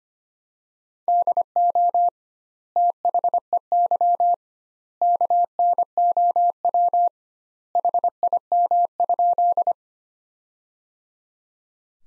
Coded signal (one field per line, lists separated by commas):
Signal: Morse code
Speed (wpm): 25 wpm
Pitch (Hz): 700 Hz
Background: none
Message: DO THEY KNOW HIM?